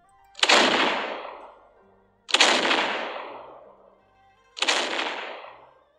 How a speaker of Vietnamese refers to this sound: Tiếng pháo chói tai vang lên, tựa như là sấm động giữa trời quang. Cả thuyền đội đều rung động.